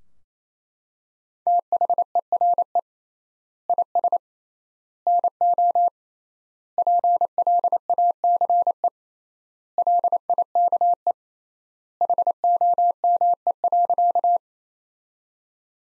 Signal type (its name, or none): Morse code